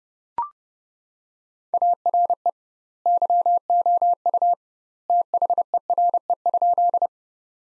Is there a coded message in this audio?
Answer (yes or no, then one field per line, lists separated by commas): yes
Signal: Morse code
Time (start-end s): 1.7-7.1 s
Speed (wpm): 30 wpm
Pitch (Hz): 700 Hz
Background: none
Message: ARE YOU THERE?